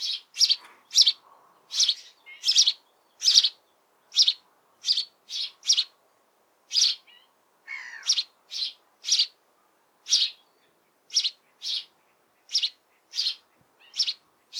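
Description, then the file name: House sparrow giving a steady series of many loud, clipped chirps, with a brief lower twittering note midway. "Passer domesticus"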